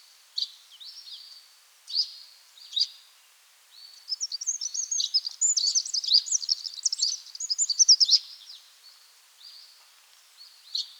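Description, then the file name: Eurasian wren with separate high chip notes, then a loud, rapid, trilling song burst, and more scattered high notes. "Troglodytes troglodytes"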